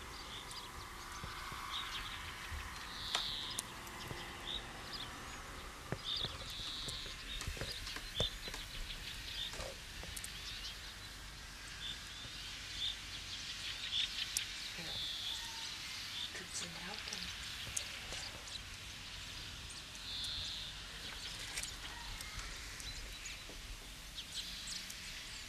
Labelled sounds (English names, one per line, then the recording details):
Great Tit call
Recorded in the wild
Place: Oberstdorf, Bayern, DE
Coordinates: 47.4483, 10.2961
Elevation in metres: 857
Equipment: Uher 4000 Report
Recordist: Tretzel, Erwin